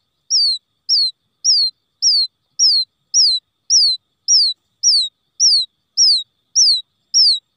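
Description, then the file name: Quail chick uttering thin, high peeps that drop in pitch, repeated regularly roughly every half second. Quail chick calling for its mother after becoming lost from the flock. "tieng cut non keu goi me lac dan chuan"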